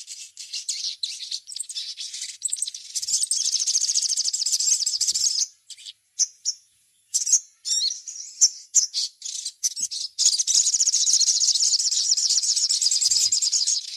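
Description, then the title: Little spiderhunter song with dense, fast high-pitched trilling at start and end, separated by scattered sharp chips and brief silences. Masteran, a training recording of the song. "Masteran Burung Sogok Ontong Labaik"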